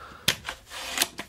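The loose cocking lever of a Black Bunker BM8 folding break-barrel air rifle, which hangs free so the barrel can be broken without being cocked, is locked to the barrel using the lock/unlock switch on the side. Sharp metallic clicks sound at 0.3 s and 1.0 s, with softer ticks around 0.5 s and 1.2 s. The cocking lever locks into place, bringing the barrel action into play.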